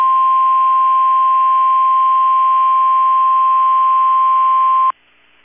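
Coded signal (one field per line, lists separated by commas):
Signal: Emergency Alert System (SAME) tones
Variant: 1050 Hz attention tone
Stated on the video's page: Required Weekly Test on NOAA Weather Radio station.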